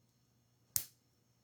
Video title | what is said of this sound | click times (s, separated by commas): Bib Boards Product Review... must buy | you'll hear it snap out there I'll get real close so you can hear the snap | 0.8 s